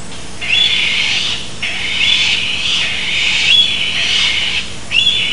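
Bird giving several harsh, raspy calls in close succession, each about a second long, over a steady low hum.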